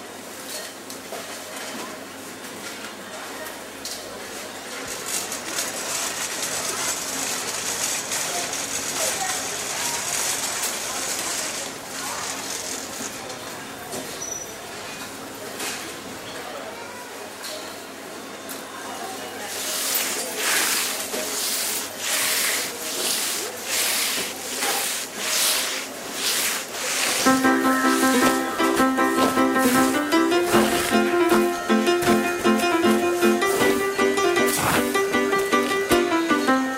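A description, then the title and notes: A shop soundscape with a steady wash of background activity, scattered voices and busy rubbing and scraping noises that thicken around the twentieth second. From about twenty-seven seconds a bright melody of sustained tones enters and carries through to the end, louder than before. Shopscape.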